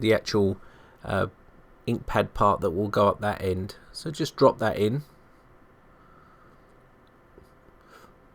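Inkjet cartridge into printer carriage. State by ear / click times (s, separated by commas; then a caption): not seated / none. A refilled inkjet cartridge is dropped into its slot in the printer carriage and lined up, with the chip at the back and the ink pad at the front, before being pushed home. Someone talks for about the first five seconds, then only faint low handling noise remains. The cartridge has not been pushed down yet and nothing has clicked.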